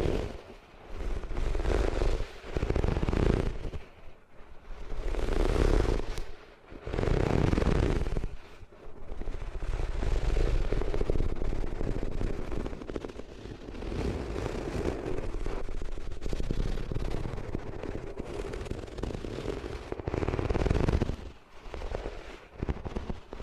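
Rubbing of ears against different materials, dense scraping and rumbling bursts with brief pauses near 1, 4, 6, 8 and 21 seconds.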